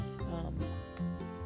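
Low, droning gurgle with wavering pitch for about a second and a half: an adult's ordinary stomach growling from gut movement.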